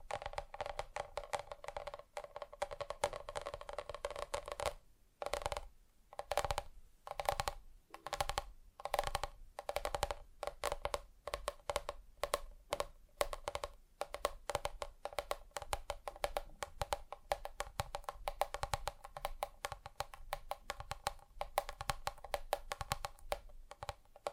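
Fingers tap on different surfaces in quick, uneven runs, a dense patter of small clicks resembling typing. The first five seconds are a steady, continuous stream; after that the taps come in bursts separated by brief silences, with a faint ringing tone under them.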